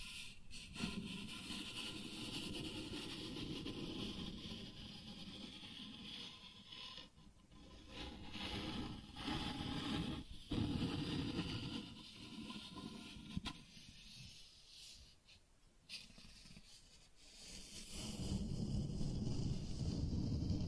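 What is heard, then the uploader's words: Cardboard being scratched and rubbed in continuous rough strokes, dense and scratchy, with brief pauses near seconds 7, 10 and 13, fading quieter mid-clip then returning louder. ASMR Cardboard Scratching, Tracing, Tearing (No Talking).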